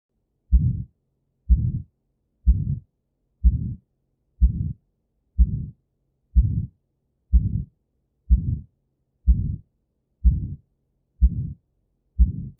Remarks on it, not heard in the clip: Aortic stenosis, so it's defined as an ejection systolic murmur. So you should hear it soon after S1. And then crescendoing and decrescendoing before S2 comes in. Quite musical, often it's described as a whoosh. Best heard over either the aortic valve area or the apex, and classically will radiate to the carotids.